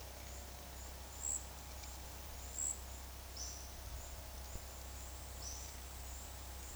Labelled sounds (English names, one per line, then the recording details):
Olive-faced Flatbill
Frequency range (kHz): Olive-faced Flatbill 3.9-6.6 kHz
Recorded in dense forest near Puerto Asís, Putumayo, Colombia, on 21 February 2024 at 13:00
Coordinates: 0.485, -76.322
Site G6406